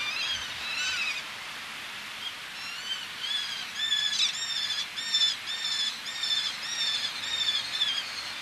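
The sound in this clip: Eleonora's falcon calls, a short burst of grating arched notes, a pause, then an uneven run of repeated nasal notes.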